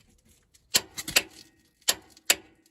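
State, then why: Torque reached. A click-type torque wrench on a crow foot extension, set to about 170 to reach 175, tightens the bolt nut of a front upper control arm bushing on a 2012 Range Rover Sport SDV6. Several sharp ticks sound around 0.8, 1.2 and 1.9 seconds before the wrench gives a crisp click at 2.3 s. That click is the second nut reaching its set torque.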